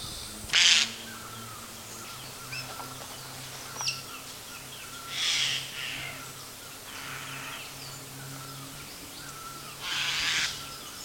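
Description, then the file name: Eurasian jay calls: several rasping, scratchy screeches spread a few seconds apart over a low steady hum. "Garrulus glandarius"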